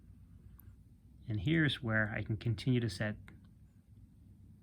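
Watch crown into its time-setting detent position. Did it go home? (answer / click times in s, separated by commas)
yes / 0.6 s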